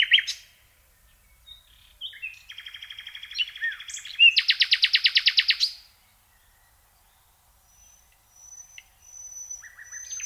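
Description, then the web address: Common nightingale singing varied phrases: sharp notes, a buzzy rattle, then a loud rapid pulsed trill lasting about a second and a half, followed by quieter high notes. "SETE data Luscinia megarhynchos"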